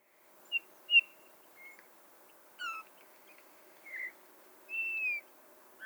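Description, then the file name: Eurasian bullfinch giving several soft, piping whistles, one of them drawn out. "Pyrrhula pyrrhula"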